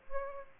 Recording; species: mosquito wingbeat signal from an infrared sensor; Aedes albopictus